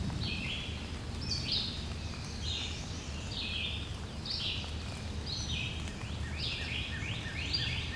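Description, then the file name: Birds singing, with short bright phrases that slide downward, overlapping and repeating every second or so over a steady low rumble and hiss. "Relaxing Sounds Lab - Birds Singing"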